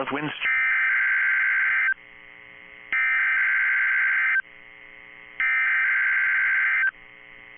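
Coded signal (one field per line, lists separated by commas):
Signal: Emergency Alert System (SAME) tones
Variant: header bursts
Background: speech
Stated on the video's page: National Weather Service Ruskin weekly test; tones stated as valid.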